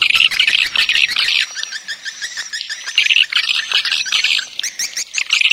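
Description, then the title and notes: Swiftlet chirping calls, dense high twittering in bursts of about a second separated by brief pauses, with a faint thin whistle running above. Swiftlet farming sound, Asia. "Swiflet Bird Sound. Farming Swiflet Bird asia sound"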